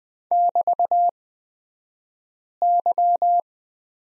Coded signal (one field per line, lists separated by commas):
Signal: Morse code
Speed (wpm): 20 wpm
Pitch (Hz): 700 Hz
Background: none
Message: <BT>Y